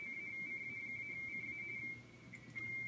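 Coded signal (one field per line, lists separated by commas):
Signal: RTTY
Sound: rapid warbling between two close high tones, steady teletype chatter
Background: low hum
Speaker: send my call again a couple of times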